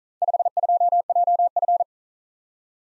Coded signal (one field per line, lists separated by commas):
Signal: Morse code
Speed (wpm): 41 wpm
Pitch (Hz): 700 Hz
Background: none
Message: 52JF